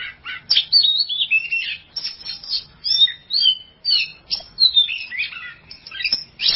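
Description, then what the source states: Oriental magpie-robin song: loud, clear whistled notes mixed with harsh chirps and slurred phrases, delivered in quick bursts separated by brief gaps. Champion songbird.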